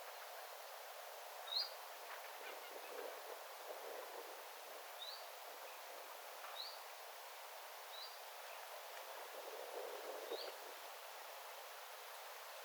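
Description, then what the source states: Common chiffchaff giving short, thin, rising call notes every second or two, soft against steady wind-like background noise. Recorded beside a bird tower on 9 September 2025.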